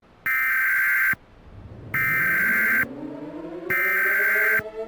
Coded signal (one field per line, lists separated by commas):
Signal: Emergency Alert System (SAME) tones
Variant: header bursts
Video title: EAS Preview: Historical Repetition